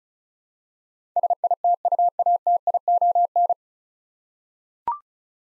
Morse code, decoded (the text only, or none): SITUATION